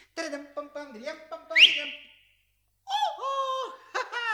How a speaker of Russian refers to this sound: Из-под зонта раздается свист.